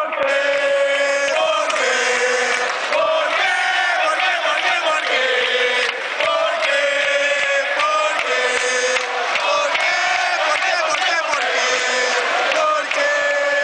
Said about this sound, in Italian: Allora sentite un po' gli olé olé con cui loro accompagnano in genere, no? Il possesso palla, diciamo pure la melina del Barça. Sentite ieri sera che cos'è diventata a un certo punto.